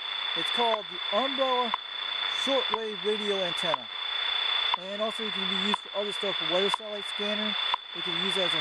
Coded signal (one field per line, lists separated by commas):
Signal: radio time signal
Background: speech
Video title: WWV on umbrella antenna Ogden,Utah 3-2-2021